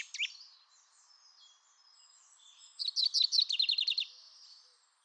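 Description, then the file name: Common chaffinch: a short sharp note at the start, a quiet pause with faint other bird sounds, then a brief burst of quick, repeated bright notes. "Fringilla coelebs"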